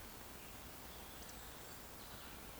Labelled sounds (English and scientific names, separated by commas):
Eurasian Woodcock (Scolopax rusticola) whistle